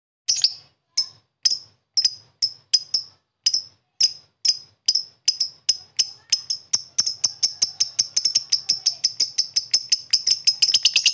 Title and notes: Love bird ngetik ngekek. #lovebirdngekekpanjang. suara burung untuk masteran burung burung anda